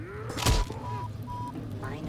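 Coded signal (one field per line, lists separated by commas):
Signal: none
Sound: game sound effects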